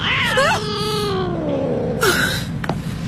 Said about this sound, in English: It's just a cat. Nothing to worry about.